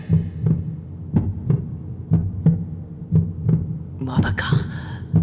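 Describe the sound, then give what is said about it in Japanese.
A steady heartbeat sound effect thumps in low, paired double beats, repeating at a regular pace, with a brief burst of brighter rustling noise near the end, from the anime Ore no Imouto ga Konna ni Kawaii Wake ga Nai. “うわあ、ドキドキするぜ。”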